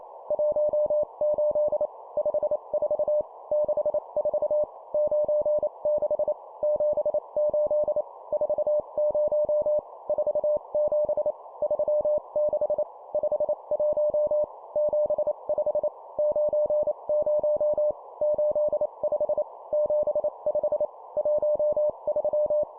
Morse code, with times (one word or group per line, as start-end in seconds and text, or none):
0.3-1.9 18
2.2-3.2 54
3.5-4.6 64
4.9-6.3 96
6.6-8.0 78
8.3-9.8 40
10.1-11.3 47
11.6-12.8 36
13.1-14.4 51
14.8-15.9 75
16.2-17.9 90
18.2-19.4 85
19.7-20.9 75
21.2-22.6 13